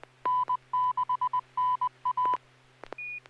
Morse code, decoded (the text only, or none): N6NA